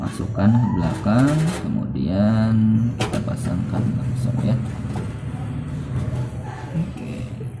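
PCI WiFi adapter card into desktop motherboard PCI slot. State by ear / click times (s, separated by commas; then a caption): not seated / none. A PCI WiFi adapter card is handled at the back of a desktop PC, positioned toward the motherboard PCI slot while someone talks. The card has not seated or clicked into the slot yet.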